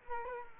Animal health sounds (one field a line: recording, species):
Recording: mosquito wingbeat signal from an infrared sensor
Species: Culex quinquefasciatus